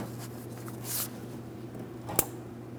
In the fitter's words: Audible click from that.